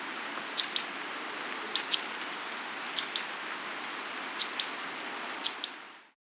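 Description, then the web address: Green violetear giving sharp, high chip notes in doubled pairs, each pair repeated roughly every one to one and a half seconds, over a soft steady background hiss. Andean bird from South America. "Natures Songs S America Andean Birds. Green Violetear (Colibri Thalassinus)"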